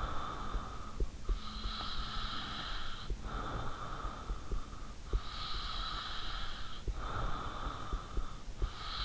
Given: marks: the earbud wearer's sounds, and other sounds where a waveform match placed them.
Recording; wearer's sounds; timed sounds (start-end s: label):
sounds in sleep by an in-ear microphone; breath
0.00-9.05 s: breath